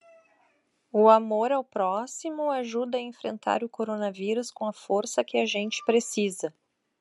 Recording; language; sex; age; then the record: spoken sentence; Brazilian Portuguese; female; 40 to 49 years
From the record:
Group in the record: control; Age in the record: 44 years